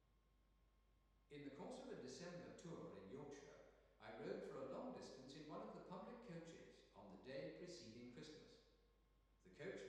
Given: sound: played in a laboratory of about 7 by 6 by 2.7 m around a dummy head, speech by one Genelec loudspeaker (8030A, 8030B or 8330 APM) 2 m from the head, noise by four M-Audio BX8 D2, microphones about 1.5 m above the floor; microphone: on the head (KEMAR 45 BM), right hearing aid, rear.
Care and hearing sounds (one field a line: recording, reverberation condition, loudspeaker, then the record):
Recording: male speech in English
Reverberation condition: high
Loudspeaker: 150 degrees to the left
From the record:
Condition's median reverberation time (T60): about 1300 ms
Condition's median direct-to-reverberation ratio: about -4.0 dB